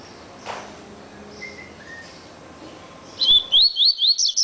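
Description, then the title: Double-collared seedeater song: several high, upward-slurred chirps delivered quickly at the end, after quiet background with a couple of soft whistles. "Canto Coleiro"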